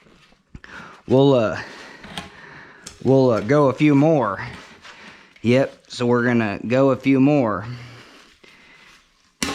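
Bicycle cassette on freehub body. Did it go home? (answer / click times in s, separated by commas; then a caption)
released / 9.4 s. A SRAM bicycle cassette is being unscrewed a few more turns on an XD freehub body while someone talks. A sharp click is heard at 9.4 seconds as the threads jump, and the cassette releases.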